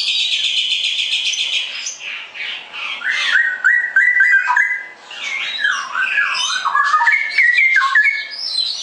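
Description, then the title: Straw-headed bulbul song: rich, looping warbled phrases in the middle pitch range follow a stretch of dense, high buzzy chatter. The phrases dip and rise repeatedly. Masteran song-tutoring recording for caged birds; described as clear quality, cucak rowo 'ropel gacor' song style. "mster Mnuk. Masteran Burung CUCAK ROWO Kualitas Jernih. Cucak Rowo Ropel Gacor"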